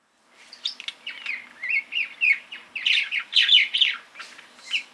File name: Buraya majna Acridotheres fuscus